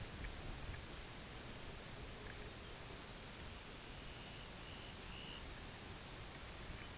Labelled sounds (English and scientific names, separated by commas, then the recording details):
Pectoral Sandpiper (Calidris melanotos), Lapland Longspur (Calcarius lapponicus), Dunlin (Calidris alpina)
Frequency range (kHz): Lapland Longspur (Calcarius lapponicus) 2.4-4.2 kHz; Dunlin (Calidris alpina) 2.2-4.0 kHz
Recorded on Arctic tundra, site UTQI-5, on 16 June 2019
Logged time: 12:00